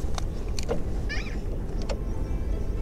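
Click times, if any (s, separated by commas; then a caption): none. A small ring lock (circlip) is being handled and pushed toward the pivot pin of a touring footrest on a Meteor or Reborn motorcycle. Short, sharp ticks sound at about 0.2, 0.6, 0.7 and 1.9 s, with a brief wavering high tone around 1.1–1.3 s over a steady low rumble. Nothing has seated or clicked into place yet.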